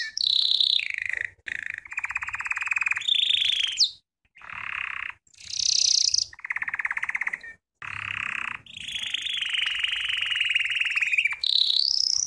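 American Singer canary singing a varied sequence of short buzzy trills and bright high rolls separated by brief gaps, ending on a rising note.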